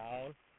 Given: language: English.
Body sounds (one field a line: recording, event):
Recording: throat vibration sensor signal played as sound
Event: speech